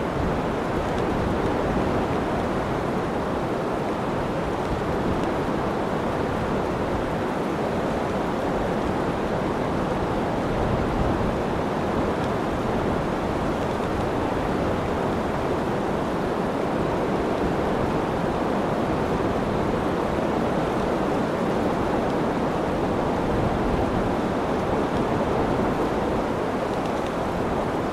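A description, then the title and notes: Wind storm roars through forest trees in a steady, dense rush, mostly low and full-bodied, never easing across the whole stretch. Wind Storm in the Forest. The wind blending with the trees.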